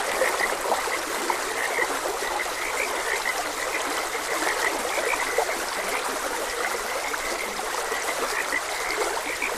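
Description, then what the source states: Frogs calling with short, repeated croaking notes, partly masked by the steady gurgle of a running stream. Frogs croaking beside a gentle stream.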